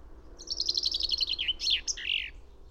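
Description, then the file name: Common chaffinch singing one full phrase: a rattling high trill that steps down in pitch, then closes with an emphatic downward-sweeping flourish. "Fringilla coelebs"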